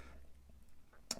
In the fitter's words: and fits nicely. Clicks into place, no issues.